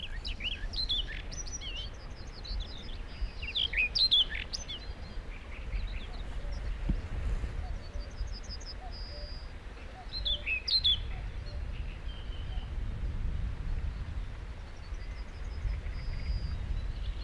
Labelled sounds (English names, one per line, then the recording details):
Common Whitethroat song
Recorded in the wild
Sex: male
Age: adult
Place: Hobrechtsfelder Rieselfelder, Naturpark Barnim, Berlin, DE
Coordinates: 52.6667, 13.4736
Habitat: open country
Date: 2013-05-12
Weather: sunny, weak winds, 10°C
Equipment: Sound Devices 702, Sennheiser MKH 70, Rycote Windschutz
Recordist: Frommolt, Karl-Heinz